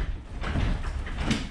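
The emergency release lever on a garage door opener trolley is pushed back up into the carriage, with low rumbling and scraping from about 0.4 s. A short metallic clunk at 1.3 s marks the trolley re-engaging with the carriage, and the latch is seated.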